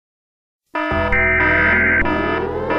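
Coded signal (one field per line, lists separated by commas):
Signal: Emergency Alert System (SAME) tones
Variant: header bursts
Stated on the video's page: Fictional EAS scenario, not a real alert.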